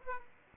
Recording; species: mosquito wingbeat signal from an infrared sensor; Aedes aegypti